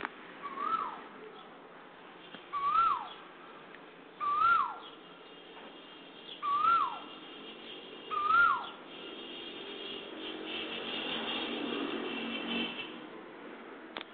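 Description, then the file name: Asian koel calling: a short, upslurred whistled note repeated five times, about every two seconds, over a soft background hiss. "Kokila"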